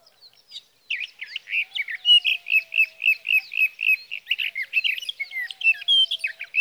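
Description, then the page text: Sage thrasher song of rapidly repeated warbled notes in a steady rolling series, with a faint low steady tone underneath. Male singing through the night near his night roost, Sierra Valley, California, three nights from evening June 12 to morning June 15, 2018; Swift recorder. "61. Sage thrasher songs, through the night."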